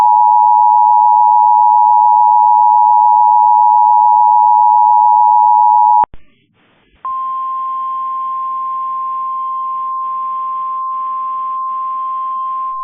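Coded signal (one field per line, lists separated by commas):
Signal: Emergency Alert System (SAME) tones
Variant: 853 and 960 Hz attention tone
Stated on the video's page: Severe thunderstorm warning relayed over Cox cable.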